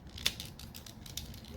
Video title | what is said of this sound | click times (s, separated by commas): Transformers Earthrise Arcee V.s. Legends Class L-10 Arcee | in that little crevice right here just a piece right here a piece of plastic right there it's going to snap into there | 0.3 s